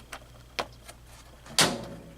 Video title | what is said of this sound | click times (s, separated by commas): DX switch cleaning part 1 | pop this cap back on here until it clicks | 0.6 s, 1.6 s